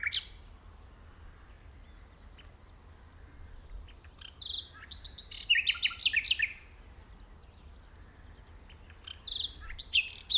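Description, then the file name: Common nightingale song in scattered bursts: short sweeping whistles and clicks, a louder jumbled phrase mid-way and another at the end, with quiet gaps between. "Luscinia megarhynchos"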